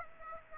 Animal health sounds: mosquito wingbeat signal from an infrared sensor; Aedes aegypti

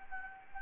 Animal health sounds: mosquito wingbeat signal from an infrared sensor; Anopheles gambiae

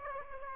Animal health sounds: mosquito wingbeat signal from an infrared sensor; Aedes aegypti

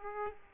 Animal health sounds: mosquito wingbeat signal from an infrared sensor; Aedes aegypti

